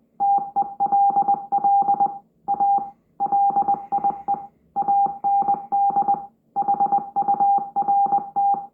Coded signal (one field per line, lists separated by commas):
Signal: Morse code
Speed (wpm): 20 wpm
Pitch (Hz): 800 Hz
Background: none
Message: TELL A LIE AND HURT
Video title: Mysterious Morse Code recieved from space?! 🤯